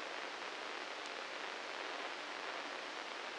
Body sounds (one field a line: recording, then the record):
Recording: brain microelectrode recording played as sound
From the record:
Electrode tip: inside the subthalamic nucleus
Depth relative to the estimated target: -1 mm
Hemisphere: right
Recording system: NeuroSet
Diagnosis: Parkinson's disease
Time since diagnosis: 9 years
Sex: male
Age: 61 years